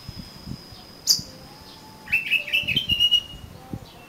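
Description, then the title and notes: Oriental magpie-robin song: one sharp high note, then after a pause a short warbled phrase of quick fluttering notes lasting about a second. "suara kacer. kumpulan suara burung kacer"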